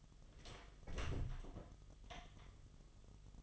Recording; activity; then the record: daily activity, microphone in the room; close door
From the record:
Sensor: 4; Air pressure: 1005.8 hPa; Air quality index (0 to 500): 82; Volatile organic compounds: 2 ppm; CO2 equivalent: 1007 ppm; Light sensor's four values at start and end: 13/30/12/11 and 13/31/12/11